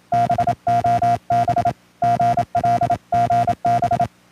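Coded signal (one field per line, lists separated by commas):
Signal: Morse code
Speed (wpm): 27 wpm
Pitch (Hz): 700 Hz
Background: none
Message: BOB GL GB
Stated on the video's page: CW contact with a Bosnian station.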